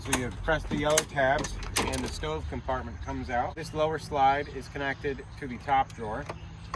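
Someone talks while handling the dual-slide kitchen drawer of a DIY drawer system in a 2022 4Runner, pressing the yellow tabs so the stove compartment comes out on a lower slide connected to the top drawer. Light mechanical handling sounds run under the talk. The drawer slide has not yet locked into its extended position, and nothing has seated or clicked by the end of the clip.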